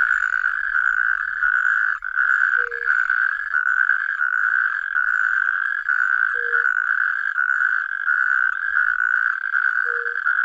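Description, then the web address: Natterjack toad calling with a loud, rolling rattle that runs almost without pause, broken by brief gaps, with three short, low tonal notes. "Tajemnice puszczy Ropucha piaskówka"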